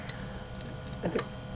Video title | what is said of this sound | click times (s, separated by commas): Installing Jeep Wrangler JK 3.8 Intake Gasket Chasing ETC Problem! | I mean it could have been me but it wasn't me it did click obviously there is a initial click but the red lock | 0.1 s